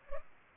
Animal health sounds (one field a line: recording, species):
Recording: mosquito wingbeat signal from an infrared sensor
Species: Culex pipiens